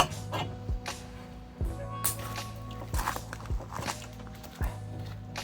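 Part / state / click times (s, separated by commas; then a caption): wiper blade onto wiper arm / not seated / none. A new windscreen wiper blade is fitted onto the wiper arm of a Golf, producing short sharp knocks and plastic taps over a steady low hum. The blade has not clicked or locked onto the arm yet.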